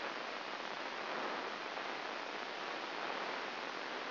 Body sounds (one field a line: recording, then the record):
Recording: brain microelectrode recording played as sound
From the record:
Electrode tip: outside the subthalamic nucleus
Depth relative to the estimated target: 3 mm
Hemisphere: left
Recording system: AlphaMap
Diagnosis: Parkinson's disease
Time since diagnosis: 15 years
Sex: female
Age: 68 years